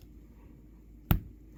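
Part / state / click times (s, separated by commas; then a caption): action figure hand onto wrist peg / seated / 1.1 s. A loose plastic action figure hand that was about to fall out is pushed firmly onto its wrist peg. After quiet background, one loud, sharp click rings out at 1.1 seconds, and the hand is seated on the wrist.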